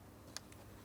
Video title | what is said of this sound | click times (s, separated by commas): How to Replace Air Filter 2004-2008 Pontiac Grand Prix 3.8L V6 | Press it in, listen for a click, give it a tug, make sure it's secured in place. | 0.4 s